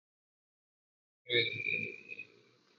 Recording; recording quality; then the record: sustained vowel as in made; excellent, no background noise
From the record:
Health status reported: healthy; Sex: male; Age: 26 years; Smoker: no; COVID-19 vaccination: both doses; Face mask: worn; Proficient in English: yes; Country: India